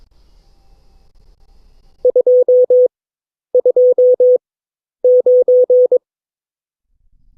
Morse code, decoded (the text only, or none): 229